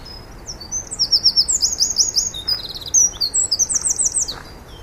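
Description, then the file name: Eurasian wren song, a vigorous, high-pitched run of rattling trills and sharp notes that pours out nonstop for about four seconds. "Troglodytes troglodytes"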